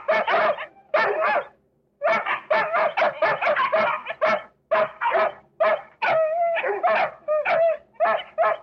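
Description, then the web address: Dogs barking in fast, jumbled runs, one voice breaking into drawn-out yelps among the sharper barks. Several dogs barking at one another before a fight. "un groupe de chiens aboient les uns sur les autres avant le combat"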